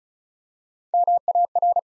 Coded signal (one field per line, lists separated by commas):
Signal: Morse code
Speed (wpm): 36 wpm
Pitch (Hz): 700 Hz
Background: none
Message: MAR